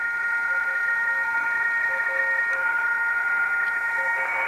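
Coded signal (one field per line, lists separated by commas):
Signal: PSK31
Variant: BPSK31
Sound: several steady, slightly warbling narrow tones at once over a hiss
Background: radio static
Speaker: 35 you see here 35 lots of strong signals 35 now listen closely to this signal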